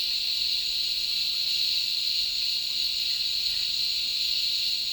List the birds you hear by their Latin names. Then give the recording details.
none. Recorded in dense forest near Puerto Asís, Putumayo, Colombia, on 20 February 2024 at 10:00. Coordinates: 0.502, -76.324. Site G6370